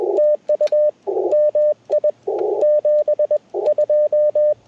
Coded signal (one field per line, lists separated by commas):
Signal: Morse code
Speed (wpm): 21 wpm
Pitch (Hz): 590 Hz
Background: none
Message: TU MI 72